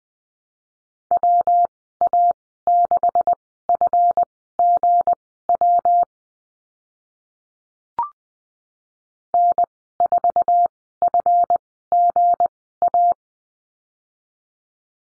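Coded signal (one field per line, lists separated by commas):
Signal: Morse code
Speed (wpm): 20 wpm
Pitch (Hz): 700 Hz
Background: none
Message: WA6FGW N4FGA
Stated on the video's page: Morse code course lesson on the number 7 and call signs, with Farnsworth speed of 20/10 wpm.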